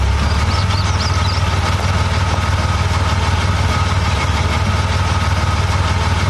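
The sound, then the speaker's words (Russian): A car that has pulled up and stopped at a hospital building idles with a steady, low rumble and a faint vibrating hum, holding an even loudness throughout with no voices over it. “Подъезжают к зданию больницы и останавливаются.”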